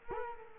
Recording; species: mosquito wingbeat signal from an infrared sensor; Culex quinquefasciatus